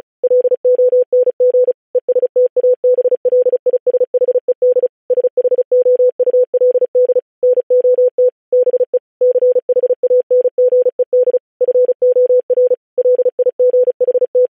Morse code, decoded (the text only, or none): LONG ESTABLISHED SHOULD NOT BE CHANGED FOR LIGHT